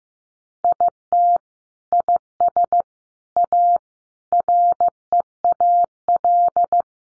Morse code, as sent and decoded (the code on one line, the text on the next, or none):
.. - / .. ... / .- / .-. . .- .-..
IT IS A REAL